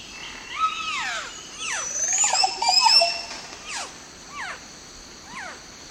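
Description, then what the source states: Green oropendola song: a run of liquid, gurgling notes and rising swoops, with several quick descending whistles that grow fainter toward the end. Recorded in the eastern lowlands of South America, Ecuador.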